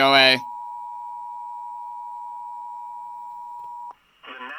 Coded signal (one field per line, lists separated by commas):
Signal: Emergency Alert System (SAME) tones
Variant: 853 and 960 Hz attention tone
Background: speech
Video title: EAS 1430 TOA #47